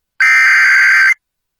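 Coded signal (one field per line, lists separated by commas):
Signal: Emergency Alert System (SAME) tones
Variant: header bursts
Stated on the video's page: Severe thunderstorm warnings from NWS Missoula, relayed by an FM station, recorded from its online live stream.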